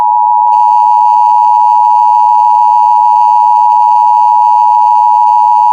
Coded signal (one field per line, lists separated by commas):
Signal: Emergency Alert System (SAME) tones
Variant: 853 and 960 Hz attention tone